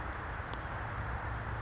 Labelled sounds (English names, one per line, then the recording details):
Blue-gray Gnatcatcher
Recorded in Sonoma County, California